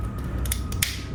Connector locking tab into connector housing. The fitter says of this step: Oh yeah, lock back in.